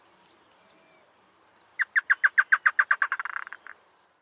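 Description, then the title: Chotoy spinetail song: a run of sharp, evenly spaced chipping notes that speed up into a brief rattling chatter, with faint bird calls before it. Subspecies Schoeniophylax phryganophilus phryganophilus, assumed from location. "LuckyPassaro Completos2Sama. Chotoy Spinetail (Schoeniophylax phryganophilus phryganophilus (ssp assumed from location))"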